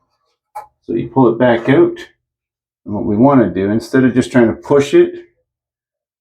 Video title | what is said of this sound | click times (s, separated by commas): Replacing a Bathroom Ceiling Fan | give it a practice run so you can kind of hear it. When you snap it up, | 0.6 s